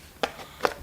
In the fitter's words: Slides in there. Locks in place.